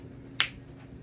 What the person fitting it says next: pull until it snaps. Once it snaps, you're locked into place and you're good to go.